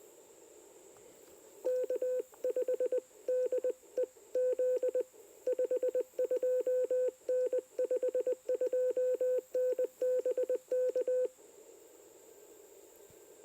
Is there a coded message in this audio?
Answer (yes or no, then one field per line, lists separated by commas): yes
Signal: Morse code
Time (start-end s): 1.7-11.3 s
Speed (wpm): 20 wpm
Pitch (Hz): 500 Hz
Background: none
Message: K5DEZ 52N 52N BK